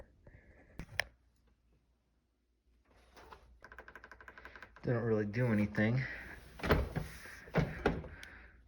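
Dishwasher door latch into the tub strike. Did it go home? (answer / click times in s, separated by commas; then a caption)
no / none. A GE dishwasher door is pushed closed and its latch meets the strike on the tub with a thunk as the door hits the frame, while someone talks. The latch fails to catch, and nothing has latched or clicked.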